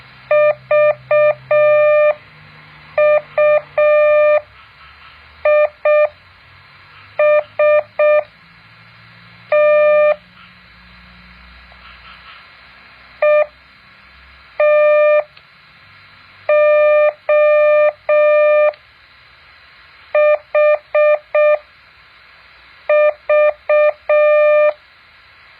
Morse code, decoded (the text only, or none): VUIST ETOHV